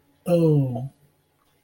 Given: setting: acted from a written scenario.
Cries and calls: vocal sound without words; guilt

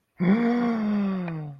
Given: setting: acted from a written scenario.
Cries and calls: vocal sound without words; positive surprise

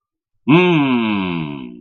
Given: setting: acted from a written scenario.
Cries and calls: vocal sound without words; triumph

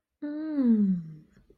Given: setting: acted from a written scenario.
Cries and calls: vocal sound without words; amusement

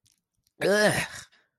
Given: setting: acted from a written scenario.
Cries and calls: vocal sound without words; disgust

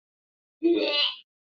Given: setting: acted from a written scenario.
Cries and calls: vocal sound without words; disgust

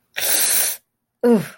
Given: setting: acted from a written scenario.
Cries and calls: vocal sound without words; pain

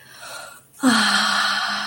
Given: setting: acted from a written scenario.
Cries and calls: vocal sound without words; serenity

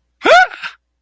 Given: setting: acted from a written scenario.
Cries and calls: vocal sound without words; positive surprise

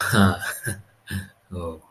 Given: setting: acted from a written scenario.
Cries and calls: vocal sound without words; positive surprise

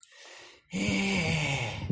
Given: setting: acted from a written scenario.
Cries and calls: vocal sound without words; elation

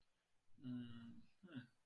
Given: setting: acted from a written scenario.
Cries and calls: vocal sound without words; neutral

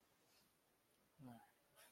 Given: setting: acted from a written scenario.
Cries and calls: vocal sound without words; disappointment

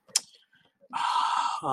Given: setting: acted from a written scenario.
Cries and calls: vocal sound without words; realization

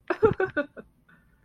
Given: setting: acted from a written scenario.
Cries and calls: vocal sound without words; adoration

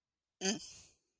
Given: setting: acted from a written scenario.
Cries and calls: vocal sound without words; anger

